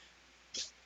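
A single brief, sharp hiccup from an adult man stands out against quiet room noise, lasting about a sixth of a second: the abrupt sound of the vocal cords snapping shut after an involuntary spasm of the diaphragm, here triggered by the severe pain he is in.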